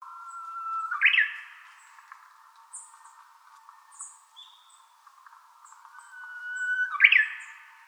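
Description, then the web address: Japanese bush warbler song: two phrases about six seconds apart, each a held low whistle ending in an abrupt, bright upward-sweeping flourish, with faint high chirps between. Recorded on March 4, 2016. "birdenaga uguisu S 160304"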